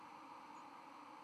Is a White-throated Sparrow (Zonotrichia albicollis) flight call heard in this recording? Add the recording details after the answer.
no. Another species' flight call is heard. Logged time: 01:40 on 31 October 2014